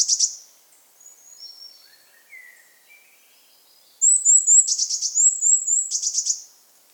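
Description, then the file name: Eurasian blue tit calls: a short buzzy burst, then thin high whistled notes sliding down, followed by bright high whistles mixed with rapid scolding buzzes. "Cyanistes caeruleus"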